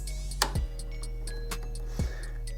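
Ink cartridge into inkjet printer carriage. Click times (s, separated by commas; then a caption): 0.4 s. A new plastic ink cartridge is pressed down into the carriage of an Epson XP4100/XP4105 inkjet printer over steady background music with faint ticks. It gives a sharp click at 0.4 s as it seats into place.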